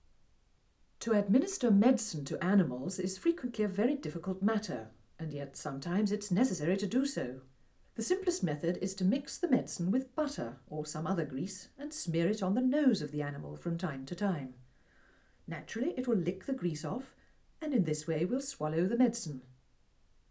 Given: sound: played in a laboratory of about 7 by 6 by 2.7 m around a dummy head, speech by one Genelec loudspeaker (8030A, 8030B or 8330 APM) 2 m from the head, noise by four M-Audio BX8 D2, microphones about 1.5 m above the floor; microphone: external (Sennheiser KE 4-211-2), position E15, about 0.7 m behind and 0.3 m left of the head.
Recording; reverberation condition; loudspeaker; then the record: female speech in English; low; 150 degrees to the right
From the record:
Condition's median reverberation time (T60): about 310 ms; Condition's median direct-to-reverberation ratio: about 3.5 dB